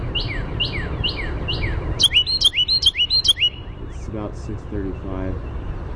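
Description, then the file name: Carolina wren song: a loud run of several rapid, rolling repeated phrases, with fainter descending notes before it and low harmonic calls afterward. "CARW song"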